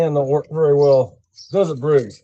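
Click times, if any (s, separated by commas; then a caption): none. A strong spring-steel hose clamp on a coolant hose is being squeezed open by hand while someone talks. No click is heard, and the clamp has not locked or seated yet.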